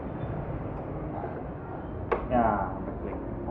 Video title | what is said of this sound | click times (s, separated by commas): husqvarna viking ruby ( mesin jahit spek dewa seharga ninja ) | Ya, sampai klik. Oke. | 2.1 s